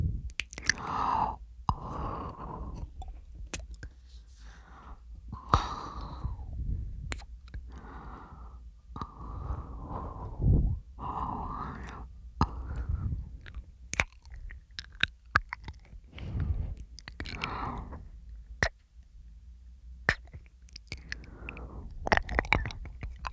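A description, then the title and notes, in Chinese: Mouth sounds: wet chewing and smacking with whispery breaths, frequent sharp clicks and pops scattered irregularly over a low steady rumble. 口腔助眠asmr。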